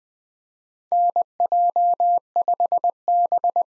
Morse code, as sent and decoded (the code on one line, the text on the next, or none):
-. .--- ..... -...
NJ5B